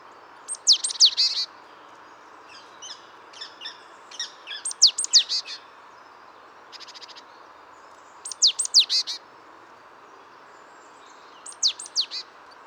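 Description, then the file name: Great tit calls: short bursts of three to four high, sharp descending notes, repeated every few seconds, with softer chips and a brief buzzy rattle between them. "Parus major"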